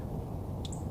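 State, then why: Seated. An electrical wiring connector is pushed back onto an ignition coil pack on the engine of a 2011–2014 Jeep Grand Cherokee during a coil pack replacement. Over a steady low rumble, a sharp, bright click sounds at 0.7 s, followed closely by a second short tick. The connector is confirmed seated on the coil pack.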